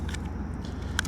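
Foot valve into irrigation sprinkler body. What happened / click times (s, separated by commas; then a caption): The plastic valve insert snapped into its seat / 1.0 s. A plastic foot valve is pushed back into a golf green irrigation sprinkler body with a tool, over a steady low rumble and a few faint ticks near 0.1 and 0.2 seconds. A sharp, bright snap at 1.0 seconds marks the valve seating correctly, which should stop the water flow.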